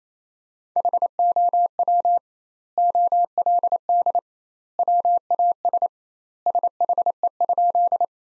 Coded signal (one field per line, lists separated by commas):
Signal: Morse code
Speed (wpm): 28 wpm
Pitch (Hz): 700 Hz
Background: none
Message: HOW OLD WAS SHE?